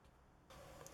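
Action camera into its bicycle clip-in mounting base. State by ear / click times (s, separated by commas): seated / 0.9 s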